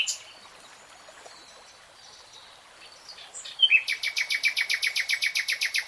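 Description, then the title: Nightingale song: soft scattered notes, a short twitter, then a long, rapid, steady series of loud repeated notes to the end. Nightingale singing in real time. "[Tiếng chim hót] REALTIME Nightingale Singing"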